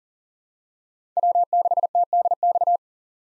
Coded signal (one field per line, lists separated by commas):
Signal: Morse code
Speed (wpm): 40 wpm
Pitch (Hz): 700 Hz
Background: none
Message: W6TDX